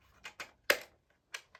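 A plastic seashell lid on a toy mermaid shop playset is pushed shut, with a few light taps before a sharp snap at 0.7 s as it seats closed. Softer clicks follow at about 1.3 and 1.6 s.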